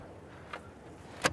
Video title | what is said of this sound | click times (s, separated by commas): 2022 MERCEDES EQB 300 4MATIC vs 350 7 Seater NEW EV?! FULL In-Depth Review Drive Charging | yeah push little bit okay it clicks into place | 0.5 s